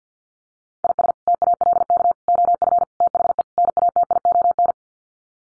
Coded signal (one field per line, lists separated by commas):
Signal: Morse code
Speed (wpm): 50 wpm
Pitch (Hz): 700 Hz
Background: none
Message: IS TALK OF THE NATION